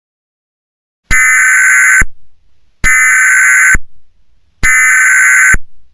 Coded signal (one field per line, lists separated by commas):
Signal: Emergency Alert System (SAME) tones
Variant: header bursts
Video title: ECLIPSE (EAS SCENARIO)